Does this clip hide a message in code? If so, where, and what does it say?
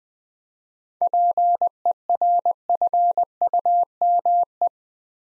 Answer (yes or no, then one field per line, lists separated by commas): yes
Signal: Morse code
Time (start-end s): 1.0-4.7 s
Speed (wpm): 20 wpm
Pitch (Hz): 700 Hz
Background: none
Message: PERFUME